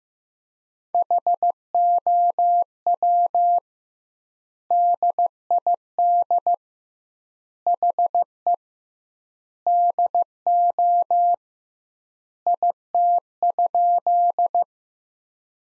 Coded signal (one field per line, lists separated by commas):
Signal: Morse code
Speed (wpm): 15 wpm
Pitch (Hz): 700 Hz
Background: none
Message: HOW DID HE DO IT?